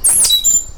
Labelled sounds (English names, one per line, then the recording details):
Stitchbird song
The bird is a male
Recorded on Tiritiri Matangi Island, New Zealand, in 2005
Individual 1, of nest box 1